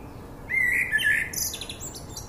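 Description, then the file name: Common blackbird singing a smooth, flute-like whistled phrase that wavers slightly, followed by a thin, high twittering end. "Turdus merula"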